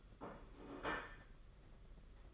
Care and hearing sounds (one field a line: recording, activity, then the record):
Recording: daily activity, microphone in the room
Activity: place plate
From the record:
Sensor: 4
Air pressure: 992.6 hPa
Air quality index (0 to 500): 134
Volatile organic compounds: 55 ppm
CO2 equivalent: 3357 ppm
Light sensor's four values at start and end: 19/65/24/25 and 19/65/24/25